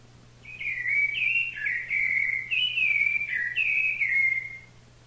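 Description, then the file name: Thrush song starting after half a second of quiet: about four seconds of rich whistled phrases rising and falling, then silence, with a low background hum. "SABIA"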